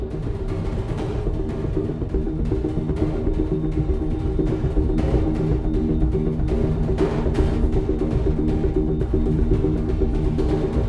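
Scraping rubs on an overturned bass drum over a thick, steady low synth pad, with brief brighter swishes recurring every second or two.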